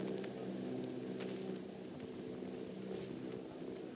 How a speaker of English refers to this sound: The machines are close together now, and we're ready to attack. Plane circling, ready to strike.